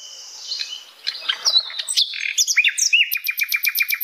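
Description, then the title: Flycatcher song: soft warbled phrases build into sharp upswept whistles, then a fast run of evenly repeated high chips. Flycatcher singing loudly (gacor), used as masteran for training cage birds. "Masteran Sikatan Londo Gacor"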